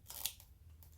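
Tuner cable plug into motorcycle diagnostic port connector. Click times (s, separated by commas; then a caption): 0.3 s. A Dynojet Power Vision 3 (PV3-16-01) tuner's cable plug is pushed onto the red diagnostic port connector under the seat of a Honda Grom motorcycle until it locks. There is a scuffing, rustling push, then a sharp, short click at 0.3 s as it seats, followed by faint handling sounds. The connector clicks in and is seated.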